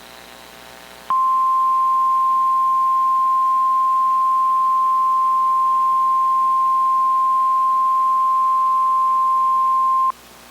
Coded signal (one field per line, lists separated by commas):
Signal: Emergency Alert System (SAME) tones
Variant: 1050 Hz attention tone